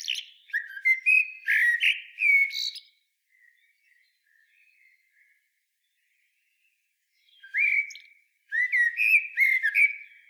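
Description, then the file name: Common blackbird warbling in fluty whistled phrases with high chittering notes, then faint soft notes during a pause before two more melodious phrases. "Turdus merula"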